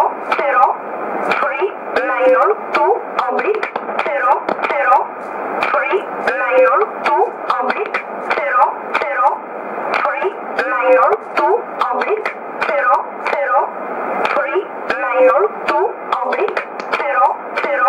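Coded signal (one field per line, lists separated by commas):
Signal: numbers station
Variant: E11 Oblique, English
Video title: 04 03 2015 Numbers station E11 1707 on 10213 USB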